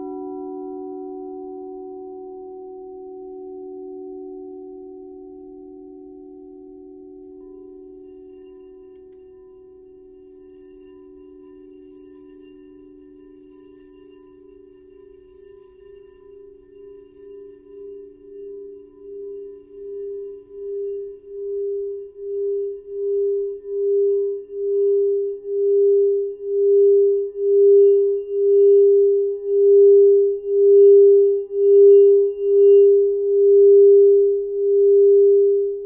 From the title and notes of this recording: I was guided to record 7 crystal singing bowl clips to each represents one of 7 sacred flames AKA 7 sacred rays.